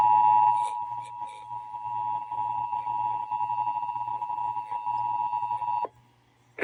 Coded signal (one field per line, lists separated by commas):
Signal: Emergency Alert System (SAME) tones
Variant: 853 and 960 Hz attention tone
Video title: (EAS #967-973) December 2025 Texas Required Monthly Test